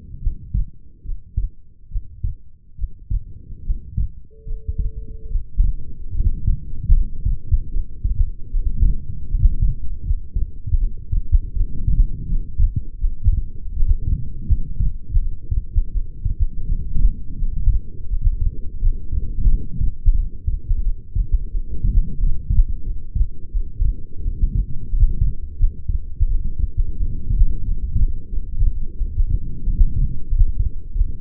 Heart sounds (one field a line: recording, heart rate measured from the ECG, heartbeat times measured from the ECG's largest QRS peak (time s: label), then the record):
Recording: heart sounds by stethoscope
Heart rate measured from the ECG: 82 bpm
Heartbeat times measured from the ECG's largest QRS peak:
0.19 s: heartbeat
1.03 s: heartbeat
1.88 s: heartbeat
2.75 s: heartbeat
3.62 s: heartbeat
4.44 s: heartbeat
5.28 s: heartbeat
6.12 s: heartbeat
6.91 s: heartbeat
7.69 s: heartbeat
8.50 s: heartbeat
9.27 s: heartbeat
10.02 s: heartbeat
10.77 s: heartbeat
11.53 s: heartbeat
12.26 s: heartbeat
12.98 s: heartbeat
13.73 s: heartbeat
14.47 s: heartbeat
15.18 s: heartbeat
15.91 s: heartbeat
16.65 s: heartbeat
17.36 s: heartbeat
18.07 s: heartbeat
18.79 s: heartbeat
19.47 s: heartbeat
20.14 s: heartbeat
20.82 s: heartbeat
21.50 s: heartbeat
22.17 s: heartbeat
22.83 s: heartbeat
23.51 s: heartbeat
24.21 s: heartbeat
24.88 s: heartbeat
25.56 s: heartbeat
26.26 s: heartbeat
26.97 s: heartbeat
27.63 s: heartbeat
28.29 s: heartbeat
28.97 s: heartbeat
29.63 s: heartbeat
30.27 s: heartbeat
30.92 s: heartbeat
From the record:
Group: healthy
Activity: rest 0-1 s, light exercise 1-31 s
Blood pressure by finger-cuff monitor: 110/73 mmHg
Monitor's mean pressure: 86 mmHg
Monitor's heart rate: 80 bpm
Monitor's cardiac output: 7 L/min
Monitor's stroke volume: 87 mL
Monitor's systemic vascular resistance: 920 dyn s/cm5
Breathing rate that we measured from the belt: 23 breaths a minute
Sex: female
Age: 22 years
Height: 160 cm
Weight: 45 kg